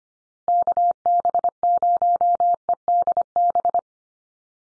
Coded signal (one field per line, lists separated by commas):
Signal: Morse code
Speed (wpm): 25 wpm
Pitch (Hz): 700 Hz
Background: none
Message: KB0EDB